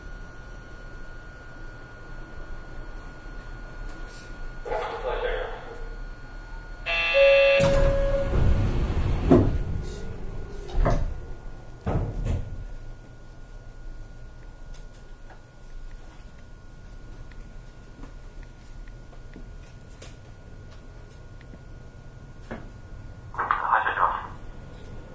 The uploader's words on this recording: アストラムライン 6000系 広域公園前から本通まで. It is the running sound of the Astram Line 6000 train in Hiroshima City. The section is from Koiki-koen-mae to Hondori.